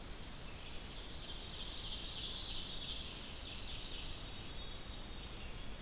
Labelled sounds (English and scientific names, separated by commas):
Ovenbird (Seiurus aurocapilla) song